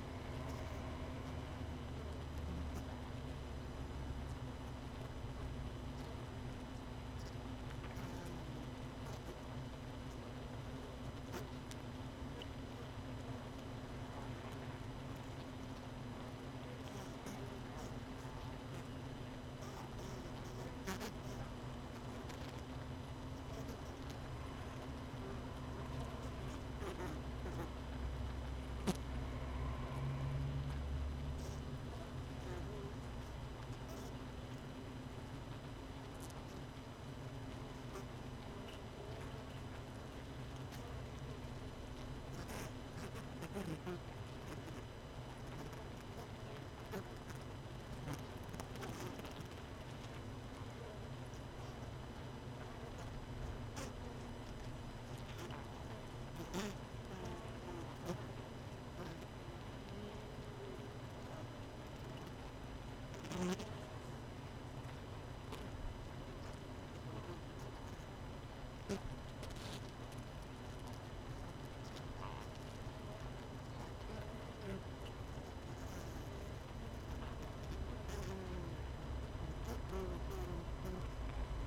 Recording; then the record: honeybee colony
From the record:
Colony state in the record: missing queen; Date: 31 May 2018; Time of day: 18:05